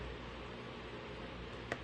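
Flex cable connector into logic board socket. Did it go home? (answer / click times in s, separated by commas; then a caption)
yes / 1.7 s. A flex cable connector is placed back onto its socket on an iPhone SE2 logic board and pressed down firmly during a housing replacement. Over steady low background noise, a single short, sharp click is heard at 1.7 s. The connector is seated.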